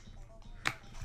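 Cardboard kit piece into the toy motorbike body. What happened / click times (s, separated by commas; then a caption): The cardboard piece snapped into place / 0.7 s. A cardboard kit piece is pressed into the body of a cardboard toy motorbike during assembly, and a single sharp, bright click sounds at 0.7 s over a quiet background. The piece seats in place.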